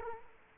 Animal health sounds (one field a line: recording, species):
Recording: mosquito wingbeat signal from an infrared sensor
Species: Culex quinquefasciatus